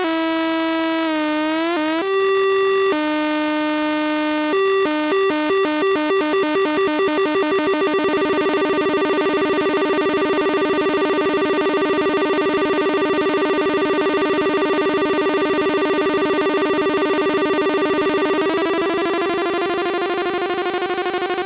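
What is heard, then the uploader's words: A morphing wavetable oscillator holds a bright, buzzy tone rich in overtones, with a short upward pitch glide near two seconds. From about two to eight seconds the tone chops into stuttering pulses that speed up, then it settles into a steady drone, bending slightly upward near eighteen seconds. Morphing Wave Table Oscillator using a Raspberry Pi Pico. It uses an 8-bit R-2R resistor ladder DAC and a #Raspberrypi Pico.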